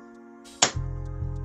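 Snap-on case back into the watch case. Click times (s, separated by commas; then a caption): 0.6 s. A metal snap-on wristwatch case back, held level, is pressed down by hand with even pressure into the watch case. After a soft hiss, a sharp click at 0.6 s marks it snapping into place, followed by a low hum and then someone talking. The case back is confirmed seated.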